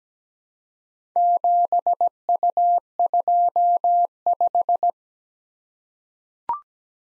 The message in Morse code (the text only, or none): 7U25